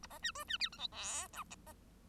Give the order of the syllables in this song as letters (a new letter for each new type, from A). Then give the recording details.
A B C D C E F G H I. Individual Bird1